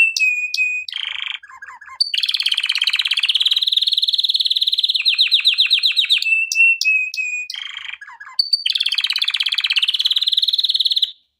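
Canary in full song, repeating a sequence of short whistles, chatter and long rapid buzzing trills, the pattern heard twice in succession.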